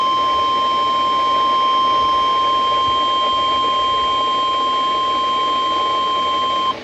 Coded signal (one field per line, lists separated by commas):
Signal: Emergency Alert System (SAME) tones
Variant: 1050 Hz attention tone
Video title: ILX Caught Slipping | EAS Tests From 4/27/2022 (EAS #1,415-1,422)